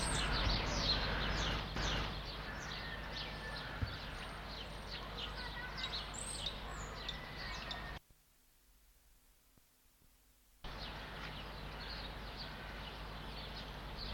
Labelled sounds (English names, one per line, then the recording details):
Common Squirrel Monkey
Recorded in captivity
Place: Zoo Berlin, Berlin, DE
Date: 1989-03-08 13:41
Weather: leicht bedeckt, 4-8°C
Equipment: Sony WM-D6C, Kopie 19 cm
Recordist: Tembrock, Günter
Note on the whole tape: Draußen (dürfen Käfig verlassen), diverse Laute